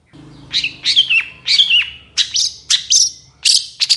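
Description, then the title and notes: Long-tailed shrike song: about seven harsh, slurred notes in four seconds, some falling in pitch, some with a scratchy edge; faint low hum. Morning song of a strongly singing cendet, varied 'toet toet' notes, played as a lure to prompt reluctant, stalled or stressed cendet birds to start singing. "Cendet Gacor Dor Di Kala Pagi Toet Toet Variasi Suara. PANCINGAN CENDET MALAS BUNYI CENDET MACET CENDET STRESS. Burung cendet"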